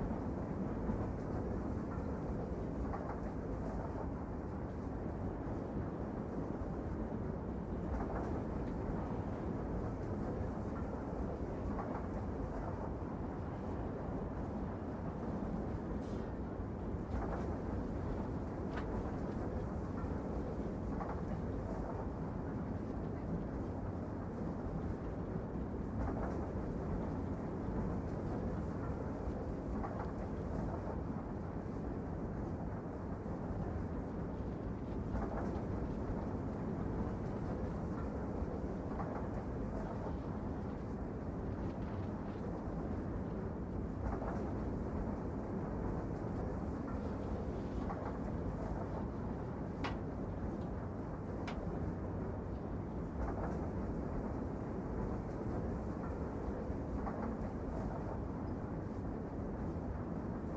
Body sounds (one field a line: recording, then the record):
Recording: background sound without coughing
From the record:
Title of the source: Train Ride Ambience ambient white noise for sleeping, focus, studying, reading